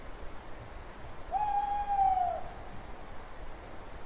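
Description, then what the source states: Owl hooting: a single drawn-out, level hoot lasting about a second, fading at the end, against soft background hiss. At night.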